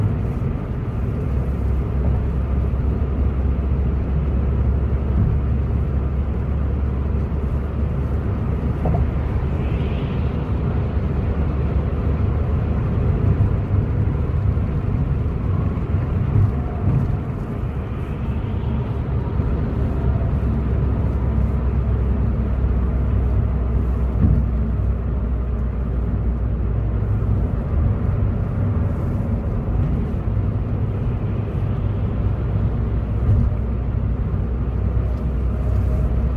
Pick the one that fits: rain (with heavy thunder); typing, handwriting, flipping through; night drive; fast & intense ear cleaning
night drive